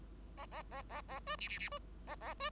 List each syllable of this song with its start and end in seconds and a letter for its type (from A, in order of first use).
0.37-0.46 A, 0.51-0.62 A, 0.71-0.82 A, 0.89-1.02 A, 1.08-1.20 A, 1.26-1.36 B, 1.38-1.48 C, 1.48-1.58 C, 1.59-1.69 C, 1.71-1.79 B, 2.07-2.15 A, 2.21-2.34 A, 2.40-2.50 B